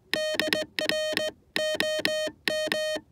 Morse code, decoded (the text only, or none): DR OM